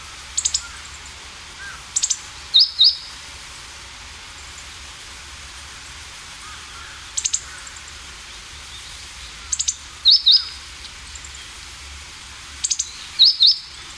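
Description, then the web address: Meadow bunting uttering thin, high tick notes in short bursts, some followed by two sharper slurred chips, repeated at irregular intervals against soft background hiss. "sikioto. houzirozinaki"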